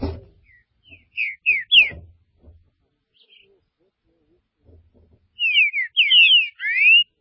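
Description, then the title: Green-winged saltator song: loud whistled phrases of slurred notes, given twice with a pause between, over faint low muffled knocks. "Trinca Ferro"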